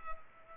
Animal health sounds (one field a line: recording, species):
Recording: mosquito wingbeat signal from an infrared sensor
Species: Culex pipiens